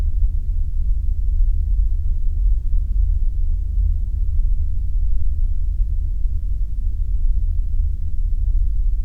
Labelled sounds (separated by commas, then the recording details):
man-made sound
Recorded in the Arctic National Wildlife Refuge, Alaska, on 3 September 2019 at 00:48
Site 49